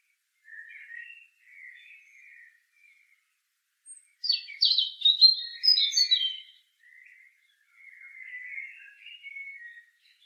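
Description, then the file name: European robin with quiet low warbled snatches, then a loud sparkling run of high descending notes, followed by more subdued wavering twitter. "Erithacus rubecula"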